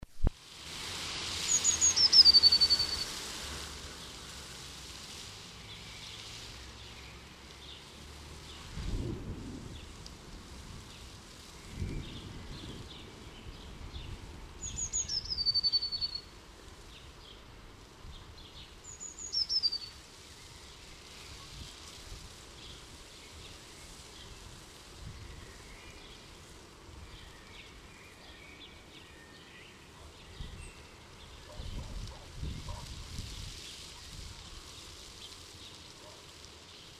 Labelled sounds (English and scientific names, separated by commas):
Eurasian Blue Tit (Cyanistes caeruleus) song